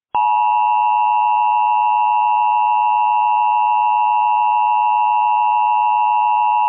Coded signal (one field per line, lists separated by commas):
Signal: Emergency Alert System (SAME) tones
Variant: 853 and 960 Hz attention tone